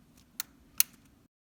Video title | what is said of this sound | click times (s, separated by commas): HP HC46 Keyboard Key and Hinge Clip installation guide | the key cap over the hinge once aligned push down and it should snap into place | 0.4 s, 0.8 s